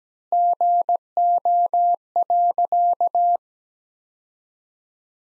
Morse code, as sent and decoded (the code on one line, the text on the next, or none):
--. --- .-.-.-
GO.